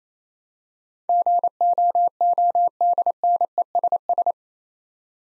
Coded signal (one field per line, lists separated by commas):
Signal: Morse code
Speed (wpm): 28 wpm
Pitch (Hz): 700 Hz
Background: none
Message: GOODNESS